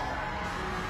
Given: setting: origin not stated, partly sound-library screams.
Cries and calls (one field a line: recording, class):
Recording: one-second piece from a danger detection set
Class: woman in danger